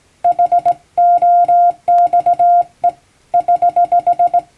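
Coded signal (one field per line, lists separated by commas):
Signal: Morse code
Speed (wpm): 19 wpm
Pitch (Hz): 700 Hz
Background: none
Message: HOXE <HH>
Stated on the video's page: Hand-keyed plain-language Morse practice for amateur radio reception, sent by a first-class radiotelegraph operator using a telegram practice book.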